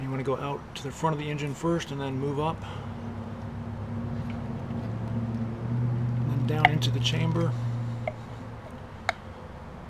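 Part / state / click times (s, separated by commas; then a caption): spark plug cap onto motorcycle spark plug / seated / 8.1 s, 9.1 s. A rubber spark plug cap on a 2011 Ninja 250 motorcycle is pushed down into the deep plug well while someone talks over a low steady hum. Sharp clicks at 8.1 s and 9.1 s mark the cap snapping onto the spark plug terminal, and it is seated.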